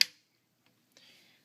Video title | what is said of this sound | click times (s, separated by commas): Ruhof 4 - Flush in/out | and slide it in. You'll hear it lock. | 0.0 s